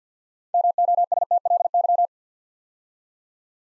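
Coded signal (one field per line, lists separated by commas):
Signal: Morse code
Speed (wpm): 50 wpm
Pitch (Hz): 700 Hz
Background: none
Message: MOSTLY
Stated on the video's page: Morse practice at 50 wpm: six-letter words sent two letters at a time, a word-building drill for instant character recognition.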